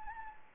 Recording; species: mosquito wingbeat signal from an infrared sensor; Anopheles gambiae